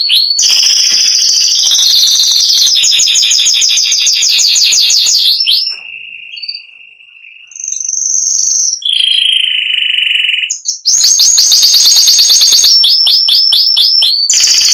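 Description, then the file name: Spanish giboso canary song: long rapid trills of high notes, then steady whistled tones and a short pause, before fast trills resume. "canto do canario giboso espanhol"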